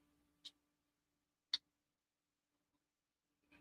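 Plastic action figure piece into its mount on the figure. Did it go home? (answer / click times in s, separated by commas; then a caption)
yes / 1.5 s. A piece of a plastic action figure is pushed into its mount on the figure and pops into place with a loud, sharp click at 1.5 s. A fainter, shorter tick comes just before at about 0.5 s, and a soft low hum runs under otherwise quiet surroundings.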